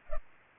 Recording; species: mosquito wingbeat signal from an infrared sensor; Culex pipiens